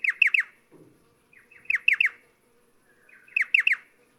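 Striated pardalote call, crisp descending notes in clusters of three, sometimes preceded by softer lead-in notes, repeated three times.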